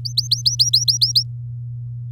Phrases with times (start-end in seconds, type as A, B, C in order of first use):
0.05-1.23 A